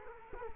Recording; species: mosquito wingbeat signal from an infrared sensor; Culex quinquefasciatus